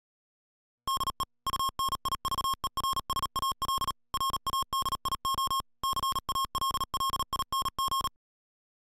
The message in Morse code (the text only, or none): DE UNIVERSAL RADIO CALLING